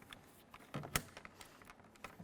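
A plastic switch bezel on a 1998-2011 Ford Ranger is turned to face the right direction and pressed by hand into the door trim panel during a side mirror replacement. Light plastic taps and handling knocks lead up to a sharp snap at 1.0 s as the switch seats in the panel.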